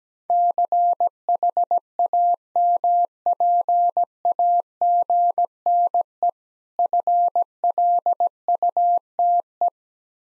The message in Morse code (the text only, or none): CHAMPAGNE FLUTE